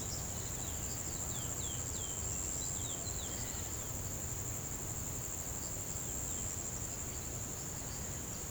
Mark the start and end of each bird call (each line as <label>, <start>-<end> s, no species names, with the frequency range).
bird call (2.3-5.7 kHz), 0.09-3.64 s